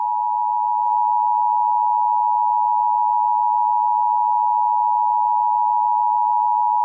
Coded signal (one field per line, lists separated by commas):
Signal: Emergency Alert System (SAME) tones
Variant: 853 and 960 Hz attention tone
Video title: (BAD GRAMMAR) The First EAS Scenario: “Humanoid Balloon”